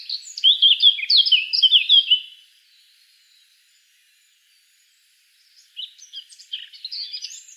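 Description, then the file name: Eurasian blackcap giving a loud two-second rush of rich warbling notes, a silent gap of about three seconds, then a shorter, quieter warbled phrase. "Sylvia atricapilla"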